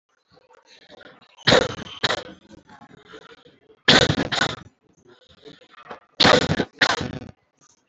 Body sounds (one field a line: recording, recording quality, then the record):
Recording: shallow voluntary cough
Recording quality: moderate, slight background noise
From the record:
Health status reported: respiratory illness, not identified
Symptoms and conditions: asthma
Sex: male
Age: 36 years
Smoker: not ticked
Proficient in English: yes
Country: India